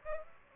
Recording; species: mosquito wingbeat signal from an infrared sensor; Aedes aegypti